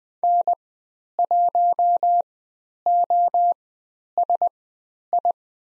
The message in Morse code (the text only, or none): N1OSI